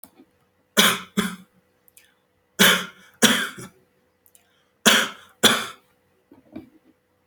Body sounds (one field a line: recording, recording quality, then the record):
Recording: heavy voluntary cough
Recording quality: excellent, no background noise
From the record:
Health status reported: healthy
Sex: male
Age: 29 years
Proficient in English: yes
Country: India